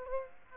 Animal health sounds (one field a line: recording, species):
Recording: mosquito wingbeat signal from an infrared sensor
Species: Aedes aegypti